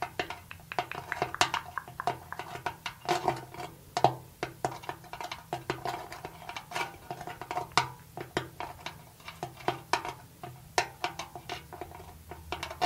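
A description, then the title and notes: Tapping and scratching. Sharp, bright taps land irregularly every half second or so, with softer scratchy strokes between them, over a faint low hum that runs throughout. Slow Tapping and Scratching.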